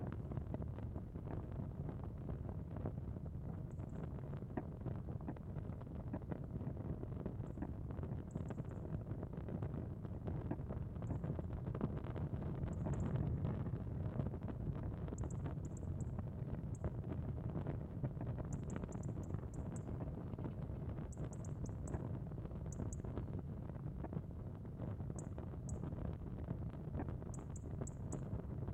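Small fires burn from vents in the rock, giving a steady, dense low roar like wind buffeting the microphone, unchanging throughout. Faint, high, brief ticks or chirps come and go above it, growing more frequent in the second half.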